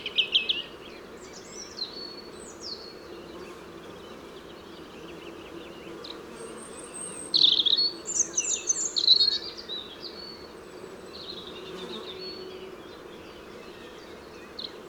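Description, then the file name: European robin song, a faint high opening, a long quiet gap, then a clear cluster of sharp, high tinkling notes midway, with low hiss throughout. "Erithacus rubecula"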